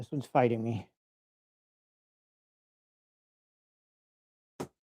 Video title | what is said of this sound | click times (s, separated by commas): "Crossdeck" Episode 78 - Arcade1Up Time Crisis Build | There it goes. Snap. | 4.6 s